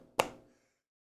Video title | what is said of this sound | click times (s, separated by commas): FOH - Maritime Madness Fire Candy Series Hot Sauce Review Addendum | you can hear it clicks on | 0.2 s